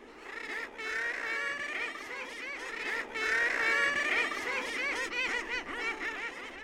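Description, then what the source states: Common Murre colony calls, a dense chorus of many overlapping harsh, laughing, chuckling notes with continuous babble throughout. Nesting in dense colonies of tens of thousands on Trinidad Rocks and Castle Rock, California North Coast, important bird areas.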